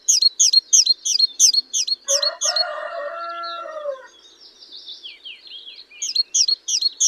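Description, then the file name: Great tit giving a fast run of sharp, high notes, about three a second, broken midway by a lower, drawn-out harmonic sound, then the quick notes resume. "Parus major"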